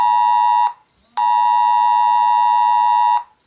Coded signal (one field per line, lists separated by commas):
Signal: Emergency Alert System (SAME) tones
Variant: 853 and 960 Hz attention tone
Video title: Rating Eas alarms